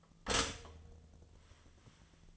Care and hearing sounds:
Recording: daily activity, microphone in the room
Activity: stop toaster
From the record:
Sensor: 4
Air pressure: 1010.1 hPa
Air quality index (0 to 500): 182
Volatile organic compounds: 6 ppm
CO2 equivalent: 1838 ppm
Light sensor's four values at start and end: 23/70/27/27 and 23/69/27/27

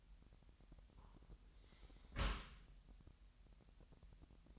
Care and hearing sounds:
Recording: daily activity, microphone in the room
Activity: close dishwasher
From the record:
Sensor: 3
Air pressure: 998.2 hPa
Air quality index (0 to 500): 150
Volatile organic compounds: 5 ppm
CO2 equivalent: 1790 ppm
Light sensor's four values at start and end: 13/38/15/14 and 13/38/15/14

